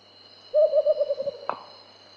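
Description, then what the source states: Marbled frogmouth giving a short, even trill of rapid pulsed hooting notes, ending in a single sharp click, over a steady insect hum. Papua New Guinea.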